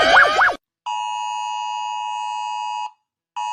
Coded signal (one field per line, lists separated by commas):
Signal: Emergency Alert System (SAME) tones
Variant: 853 and 960 Hz attention tone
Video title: Rating EAS Alarms (w/ Ella!!)